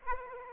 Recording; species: mosquito wingbeat signal from an infrared sensor; Aedes aegypti